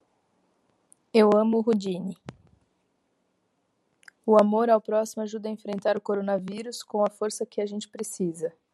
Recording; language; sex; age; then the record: spoken sentence; Brazilian Portuguese; female; 30 to 39 years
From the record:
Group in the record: control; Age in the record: 31 years